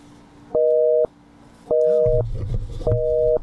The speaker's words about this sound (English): There must be a out-of-rhythm busy signal that comes on a few times and then goes off and never comes back.